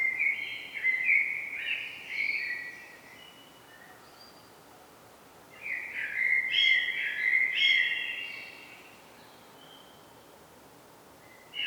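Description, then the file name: Eurasian blackbird with two rich warbled phrases separated by a pause, each with rolling notes and a few high squeaky touches. "Turdus merula"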